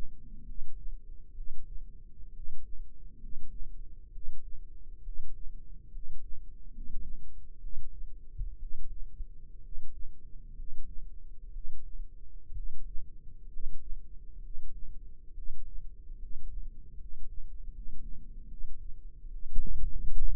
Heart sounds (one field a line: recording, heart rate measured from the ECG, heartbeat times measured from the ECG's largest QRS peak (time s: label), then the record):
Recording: heart sounds by microphone in the left ear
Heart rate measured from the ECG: 67 bpm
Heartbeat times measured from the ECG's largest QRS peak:
0.42 s: heartbeat
1.31 s: heartbeat
2.30 s: heartbeat
3.16 s: heartbeat
4.09 s: heartbeat
5.00 s: heartbeat
5.88 s: heartbeat
6.68 s: heartbeat
7.57 s: heartbeat
8.55 s: heartbeat
9.59 s: heartbeat
10.52 s: heartbeat
11.49 s: heartbeat
12.51 s: heartbeat
13.46 s: heartbeat
14.38 s: heartbeat
15.31 s: heartbeat
16.15 s: heartbeat
16.94 s: heartbeat
17.68 s: heartbeat
18.44 s: heartbeat
19.27 s: heartbeat
20.27 s: heartbeat
From the record:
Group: healthy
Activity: rest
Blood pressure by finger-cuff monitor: 96/53 mmHg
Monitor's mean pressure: 62 mmHg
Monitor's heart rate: 68 bpm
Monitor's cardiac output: 7.3 L/min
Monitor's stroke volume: 109 mL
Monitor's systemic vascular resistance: 590 dyn s/cm5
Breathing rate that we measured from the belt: 17 breaths a minute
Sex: male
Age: 22 years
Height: 185 cm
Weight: 112.4 kg